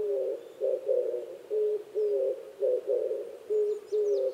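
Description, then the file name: Oriental turtle dove, repeated deep husky coos, with a faint high chirp near the end. Recorded 26 April 2010 at 05:29. "kijibato-20100426-0529"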